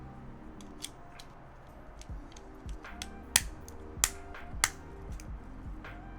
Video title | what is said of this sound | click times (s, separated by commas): LEGO BUILD - Star Wars Set 75102 Poe's X Wing Fighter - Part 1 | Nice clicks there. | 3.4 s, 4.0 s, 4.6 s